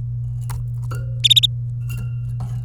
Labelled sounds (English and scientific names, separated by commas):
Domestic Canary (Serinus canaria) song